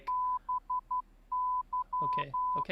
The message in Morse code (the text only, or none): BY